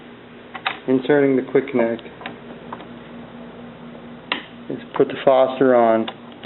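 Someone talks while a Foster-style quick-disconnect air coupler is handled toward the male quick-connect fill nipple of a PCP airgun fill line fed from an SCBA cylinder, with a few faint ticks and taps. Nothing has seated or clicked yet.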